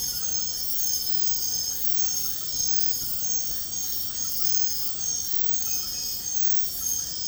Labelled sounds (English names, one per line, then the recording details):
none
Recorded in secondary vegetation near Puerto Asís, Putumayo, Colombia, on 20 February 2024 at 03:00
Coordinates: 0.468, -76.324
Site G6381